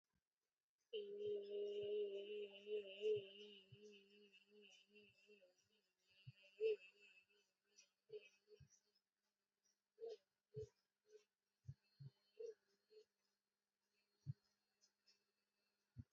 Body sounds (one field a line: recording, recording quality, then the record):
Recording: sustained vowel as in beet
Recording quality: excellent, no background noise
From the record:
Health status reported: exposed to COVID-19, no respiratory illness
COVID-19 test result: negative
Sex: female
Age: 27 years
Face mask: not worn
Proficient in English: yes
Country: India